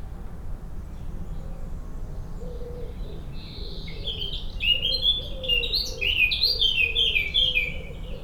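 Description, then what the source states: Common blackbird giving soft low repeated notes, then a loud burst of high twittering, squeaky phrases in the second half, over a steady low background rumble. Recorded at Rue Henri Jomain, Niévroz.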